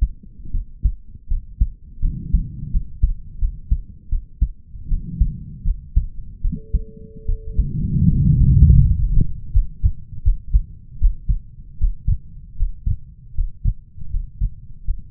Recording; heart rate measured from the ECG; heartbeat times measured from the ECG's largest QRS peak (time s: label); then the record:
heart sounds by stethoscope; 80 bpm
0.51 s: heartbeat
1.27 s: heartbeat
2.01 s: heartbeat
2.70 s: heartbeat
3.39 s: heartbeat
4.09 s: heartbeat
4.88 s: heartbeat
5.64 s: heartbeat
6.41 s: heartbeat
7.25 s: heartbeat
8.07 s: heartbeat
8.79 s: heartbeat
9.51 s: heartbeat
10.22 s: heartbeat
10.98 s: heartbeat
11.77 s: heartbeat
12.55 s: heartbeat
13.33 s: heartbeat
14.09 s: heartbeat
14.83 s: heartbeat
From the record:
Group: healthy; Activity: rest 0-9 s, Valsalva maneuver 9-15 s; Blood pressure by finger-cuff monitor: 94/69 mmHg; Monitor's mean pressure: 76 mmHg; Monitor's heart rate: 78 bpm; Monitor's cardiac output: 5.3 L/min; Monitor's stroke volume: 69 mL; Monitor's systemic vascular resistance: 1020 dyn s/cm5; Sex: male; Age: 20 years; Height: 187 cm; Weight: 68.9 kg